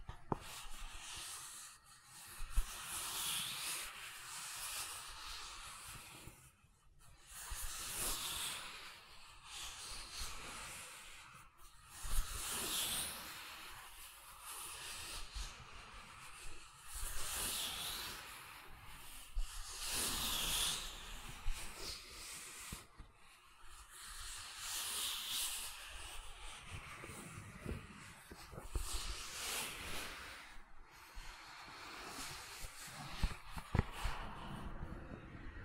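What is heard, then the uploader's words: Gentle silicon sounds: a soft, airy hiss that swells and fades in uneven waves, with brief bright chirps recurring every few seconds. ASMR Gentle Silicon Sounds for Sleep (No Talking).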